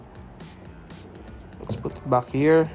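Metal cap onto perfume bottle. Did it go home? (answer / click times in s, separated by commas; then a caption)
no / none. A metal cap is handled and lined up with the neck of a perfume bottle before being pushed home, giving small, soft handling noises. Someone talks near the end. Nothing has seated or clicked yet.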